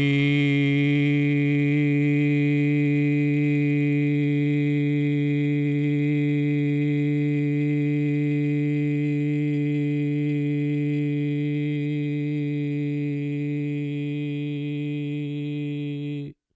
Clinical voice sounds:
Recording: sustained vowel /i/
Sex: male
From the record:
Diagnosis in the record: Parkinson's disease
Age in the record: 70 years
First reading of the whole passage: 68 s, 7.6 characters per second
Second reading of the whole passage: 61 s, 8.4 characters per second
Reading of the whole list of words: 64 s, 4.4 characters per second

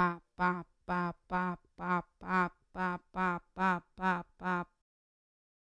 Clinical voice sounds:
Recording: repeated syllable /pa/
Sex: female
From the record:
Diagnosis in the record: Parkinson's disease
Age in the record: 40 years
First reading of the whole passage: 61 s, 7.8 characters per second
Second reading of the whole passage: 52 s, 9.9 characters per second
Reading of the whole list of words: 55 s, 5.1 characters per second

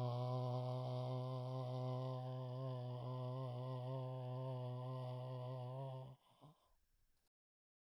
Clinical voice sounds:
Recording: sustained vowel /a/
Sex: male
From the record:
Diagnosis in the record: Parkinson's disease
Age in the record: 68 years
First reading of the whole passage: 84 s, 6.2 characters per second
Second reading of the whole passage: 63 s, 8.2 characters per second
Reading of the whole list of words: 57 s, 5.0 characters per second

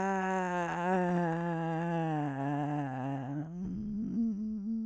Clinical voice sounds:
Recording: sustained vowel /a/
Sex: female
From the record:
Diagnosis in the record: Parkinson's disease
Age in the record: 65 years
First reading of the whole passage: 242 s, 2.1 characters per second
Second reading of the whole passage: 180 s, 2.9 characters per second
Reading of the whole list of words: 168 s, 1.7 characters per second

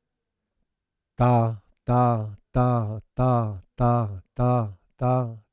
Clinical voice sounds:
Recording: repeated syllable /ta/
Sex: male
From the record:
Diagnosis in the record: Parkinson's disease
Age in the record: 71 years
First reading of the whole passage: 50 s, 10.4 characters per second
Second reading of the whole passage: 45 s, 11.4 characters per second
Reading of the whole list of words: 37 s, 7.6 characters per second

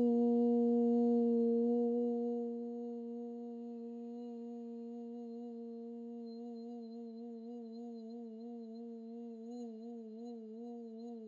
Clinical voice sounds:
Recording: sustained vowel /u/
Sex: female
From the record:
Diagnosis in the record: healthy control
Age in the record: 70 years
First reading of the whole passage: 149 s, 3.0 characters per second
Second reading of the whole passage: 105 s, 4.4 characters per second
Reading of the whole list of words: 65 s, 4.0 characters per second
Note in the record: marked for poor recording quality or reading difficulty

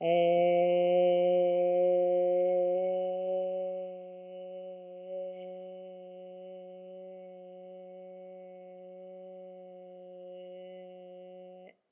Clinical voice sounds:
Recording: sustained vowel /e/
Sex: female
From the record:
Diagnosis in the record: healthy control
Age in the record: 61 years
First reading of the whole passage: 59 s, 8.5 characters per second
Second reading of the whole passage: 54 s, 7.6 characters per second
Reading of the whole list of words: 57 s, 4.9 characters per second

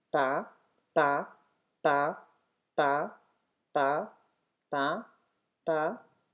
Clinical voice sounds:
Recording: repeated syllable /pa/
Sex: female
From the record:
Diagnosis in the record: healthy control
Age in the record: 69 years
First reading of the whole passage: 64 s, 7.9 characters per second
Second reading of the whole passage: 54 s, 9.5 characters per second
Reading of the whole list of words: 33 s, 8.4 characters per second

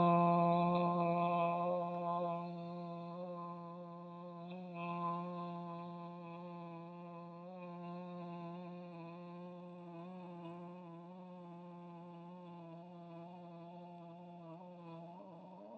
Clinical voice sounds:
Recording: sustained vowel /o/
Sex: female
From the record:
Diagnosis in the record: healthy control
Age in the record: 68 years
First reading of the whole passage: 56 s, 9.3 characters per second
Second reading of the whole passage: 53 s, 9.8 characters per second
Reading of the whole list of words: 52 s, 5.4 characters per second

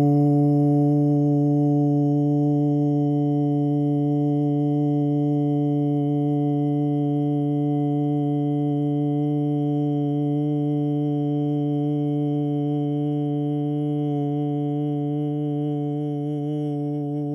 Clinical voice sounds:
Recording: sustained vowel /u/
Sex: male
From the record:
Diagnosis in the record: Parkinson's disease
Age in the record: 50 years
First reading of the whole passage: 72 s, 7.2 characters per second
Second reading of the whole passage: 54 s, 9.6 characters per second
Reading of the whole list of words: 40 s, 7.1 characters per second

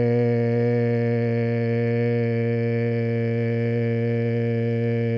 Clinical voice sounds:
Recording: sustained vowel /e/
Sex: male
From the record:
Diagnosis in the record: Parkinson's disease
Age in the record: 70 years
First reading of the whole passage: 65 s, 7.9 characters per second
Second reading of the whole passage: 60 s, 8.6 characters per second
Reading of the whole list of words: 48 s, 5.8 characters per second

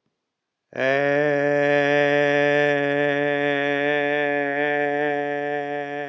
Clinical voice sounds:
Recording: sustained vowel /e/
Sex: male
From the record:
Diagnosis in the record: healthy control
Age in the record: 68 years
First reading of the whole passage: 60 s, 8.7 characters per second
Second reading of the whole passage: 55 s, 9.3 characters per second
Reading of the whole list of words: 43 s, 6.5 characters per second

